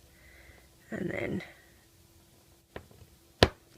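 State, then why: Seated. Plastic safety eyes on a rubber-band crochet amigurumi orca are pressed through the body onto their backing washers against a hard surface. After someone talks briefly, two sharp clicks sound at 2.8 s and 3.4 s, the second much louder. The eyes are seated in place.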